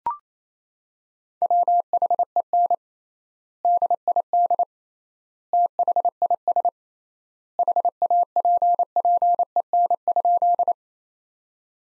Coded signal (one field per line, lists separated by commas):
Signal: Morse code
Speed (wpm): 28 wpm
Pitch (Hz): 700 Hz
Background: none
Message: WHEN DID THIS HAPPEN?